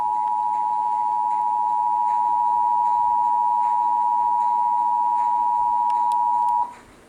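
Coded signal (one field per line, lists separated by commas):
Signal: Emergency Alert System (SAME) tones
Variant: 853 and 960 Hz attention tone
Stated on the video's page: Real severe thunderstorm warning tones aired on a PBS TV station.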